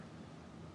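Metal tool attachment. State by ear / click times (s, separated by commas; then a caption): not seated / none. A metal spade blade is handled at the spring-loaded quick-release mount of a multi-tool handle, ready to be fitted. Only a steady broadband noise with a low rumble is heard, with no distinct impacts. The blade has not snapped into place yet; nothing has seated or clicked.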